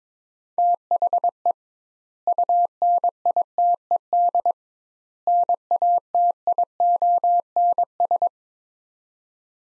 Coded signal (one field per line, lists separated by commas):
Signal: Morse code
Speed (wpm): 22 wpm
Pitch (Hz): 700 Hz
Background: none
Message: THE UNITED NATIONS